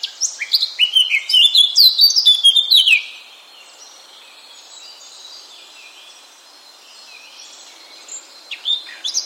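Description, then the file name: Eurasian blackcap song, a hurried jumble of clear whistled and scratchy notes lasting three seconds, followed by near silence and a short renewed twitter at the close. "Sylvia atricapilla"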